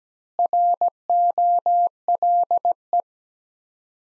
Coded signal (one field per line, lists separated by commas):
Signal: Morse code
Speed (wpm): 17 wpm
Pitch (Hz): 700 Hz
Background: none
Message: ROLE